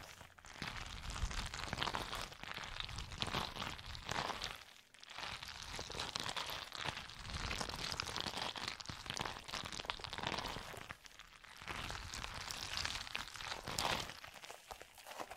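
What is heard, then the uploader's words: Jelly being squished and worked, a dense, wet crackling and squelching that runs almost without pause. The texture is busy and bright, with brief lulls near 0.5, 5, 11 and 14.5 seconds before the squishing resumes at similar strength. ASMR Stress Relieving Jelly Sounds For Sleep.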